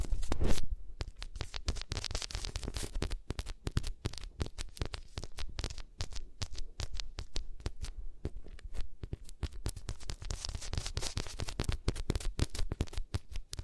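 Ears being rubbed against different materials give a dense, continuous run of sharp crackles and scratchy pops across the whole stretch. The clicks come fast and irregular, with a low rumbly thump underneath, and the brightness rises and fades in waves around two and eleven seconds.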